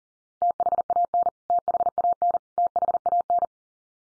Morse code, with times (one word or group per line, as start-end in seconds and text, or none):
0.4-1.3 THAN
1.5-2.4 THAN
2.6-3.4 THAN